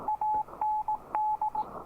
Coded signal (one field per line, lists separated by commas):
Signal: Morse code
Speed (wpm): 18 wpm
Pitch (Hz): 860 Hz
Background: none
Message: AND